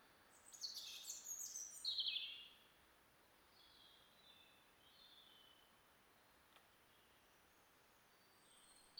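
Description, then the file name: European robin singing one short high, sparkling phrase of quick varied notes, then faint thin notes follow over a quiet background hiss. "Erithacus rubecula"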